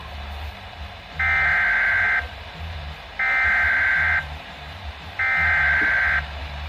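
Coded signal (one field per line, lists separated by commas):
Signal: Emergency Alert System (SAME) tones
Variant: header bursts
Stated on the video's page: Tornado and severe thunderstorm alerts received on a weather radio from NOAA and Canadian weather radio stations, plus Alert Ready alerts from an FM radio station.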